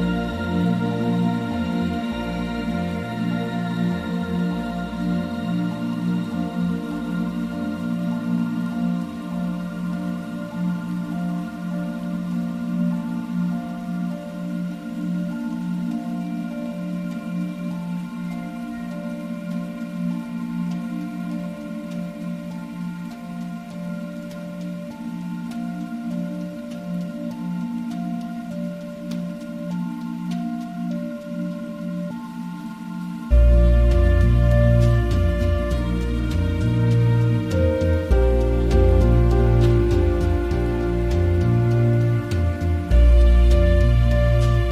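Slow, soft music of held, ringing tones over a gently pulsing low bass line, steady and calm through the first half. Around thirty-three seconds it swells louder, with fuller, deeper bass notes and brighter chiming tones layered on top.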